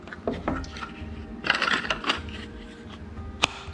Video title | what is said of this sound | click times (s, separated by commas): Springfield Hellcat Holster | do here snap snap into place and putting it in um | 3.4 s